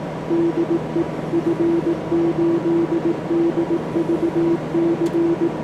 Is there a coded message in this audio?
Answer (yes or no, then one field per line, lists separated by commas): yes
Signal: Morse code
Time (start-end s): 0.3-5.5 s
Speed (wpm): 18 wpm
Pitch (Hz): 340 Hz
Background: none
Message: DE F8DVC